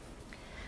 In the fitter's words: on the right hand side you'll hear a click and then